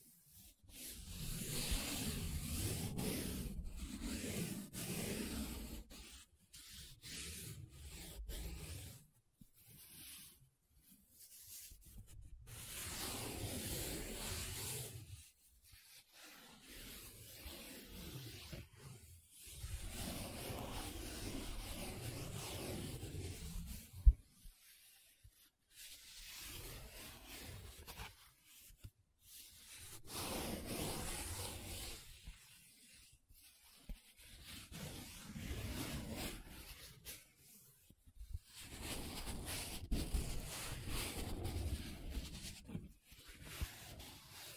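Paper being rubbed and scratched in long, dense strokes, each lasting a few seconds, with short pauses between them. The rasping sound is full from low to bright, swelling and fading with each pass, and a single sharp tick lands near 24 seconds.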